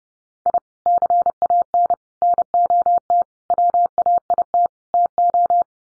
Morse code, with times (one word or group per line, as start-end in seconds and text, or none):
0.5-0.6 I
0.9-1.9 CAN
2.2-3.2 NOT
3.5-4.7 WAIT
4.9-5.6 TO